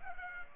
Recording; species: mosquito wingbeat signal from an infrared sensor; Culex pipiens